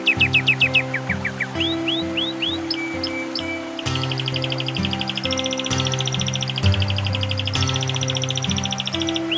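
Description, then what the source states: Canary singing quick repeated notes, several upslurred whistles, then a sustained undulating trill lasting several seconds, with low droning tones underneath. Canary song mixed with nature sounds.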